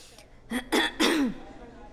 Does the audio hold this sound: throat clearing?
yes